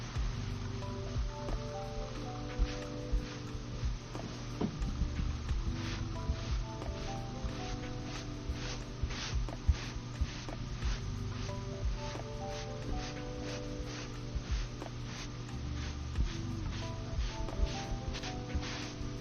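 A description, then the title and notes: Makeup being applied, with soft brushing strokes and frequent small taps and clicks scattered throughout over a steady low hum. TimASMR-LoFi Doing your Makeup Sounds (Brushing, Tapping, Personal Attention, No Talking).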